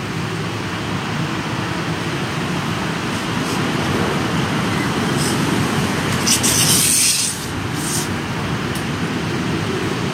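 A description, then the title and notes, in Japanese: Strong wind from the start of the rainy season roars without pause, a dense, rumbling rush weighted toward the low end. Brief brighter hissing flares come and go, the strongest near seven seconds, after which the roar eases slightly. とある梅雨入りの強風。風のものすごく強い日がありましたね。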